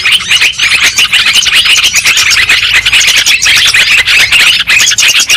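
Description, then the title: Lovebird flock chatter, piercing squeaks and twitters layered thickly, with a few short dips in the din. Lure recording (pikat) played to attract and trap lovebirds. "PIKAT BURUNG LOVEBIRD"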